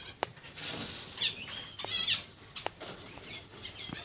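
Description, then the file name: Pacific parrotlet chattering, rapid high squeaky chirps and twittering notes with occasional clicks and taps, over a faint background hiss. "forpus coelestis"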